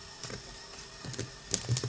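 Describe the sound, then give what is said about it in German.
A pen scratches quickly across paper as someone signs, in a few short, quiet strokes, soft scribbling bursts that grow slightly louder toward the end, with no voices. “Tatsache, ich unterschreibe.”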